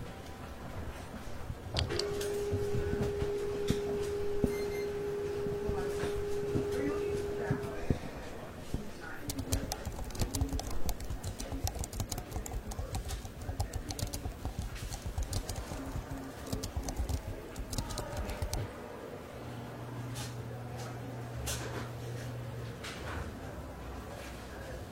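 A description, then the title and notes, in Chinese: Library ambience with a steady low murmur, scattered clicks and taps like typing, and brief rustles through the whole clip. A sustained mid tone hums from about 2 to 8 seconds, and a low hum appears from about 19 to 23 seconds. 公共图书馆沉浸式学习 图书馆环境音 打字声 写字翻书。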